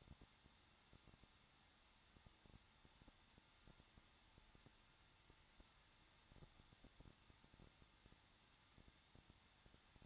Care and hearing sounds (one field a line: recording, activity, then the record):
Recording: daily activity, microphone in the room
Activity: no activity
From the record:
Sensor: 3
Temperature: 21.2 degrees Celsius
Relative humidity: 36.4%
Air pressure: 1006.3 hPa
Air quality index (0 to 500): 223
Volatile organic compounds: 43 ppm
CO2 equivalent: 3191 ppm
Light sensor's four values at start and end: 2/3/2/2 and 2/3/2/2